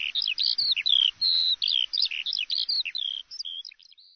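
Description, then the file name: Eurasian skylark pouring out rapid, varied high warbles and trills that thin into a few scattered notes before fading at the end. "Alouette des champs"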